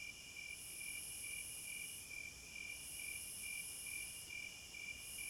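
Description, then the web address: Crickets trill steadily, high pulsed chirps coming about twice each second under a very high insect whine that drops out and returns. Crickets at midnight. "Sleep Sounds of Nature CRICKETS Midnight Serenade"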